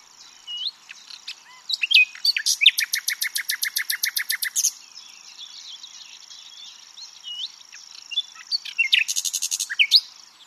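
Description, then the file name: Common nightingale song: a loud, rapid run of repeated chopping notes for about three seconds, then another fast burst near the end, over a steady high hiss. "Luscinia megarhynchos"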